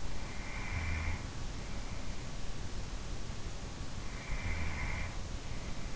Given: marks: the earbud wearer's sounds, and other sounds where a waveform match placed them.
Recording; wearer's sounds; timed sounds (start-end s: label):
sounds in sleep by an in-ear microphone; snoring breath
0.00-1.72 s: snoring breath
3.80-5.59 s: snoring breath